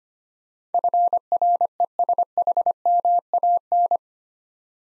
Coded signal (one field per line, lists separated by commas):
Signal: Morse code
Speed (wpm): 25 wpm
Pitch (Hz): 700 Hz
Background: none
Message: FRESHMAN